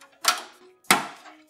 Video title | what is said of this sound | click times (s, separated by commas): Amazing $1300 Gaming PC Build Guide - The "Shogun" | we've done it it's clicked into place let's finally put that motherboard in | 0.9 s